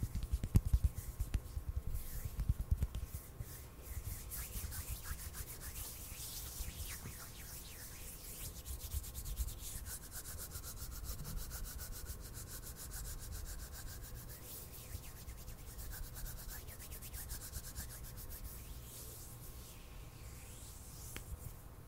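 Hand sounds, a close rubbing and brushing of palms with a dry, gritty texture that runs without pause for the whole clip. A few sharper taps stand out in the first three seconds, then the rubbing settles into a dense, even rhythm with slow sweeping swells.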